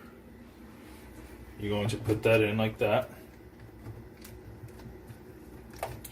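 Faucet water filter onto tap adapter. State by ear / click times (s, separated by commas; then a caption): seated / 5.8 s, 6.0 s. A Pur water filter cartridge is pushed onto the faucet adapter threaded onto the tap while someone talks. Sharp clicks at 5.8 s and 6.0 s mark the filter seating on the adapter, and it is ready to go.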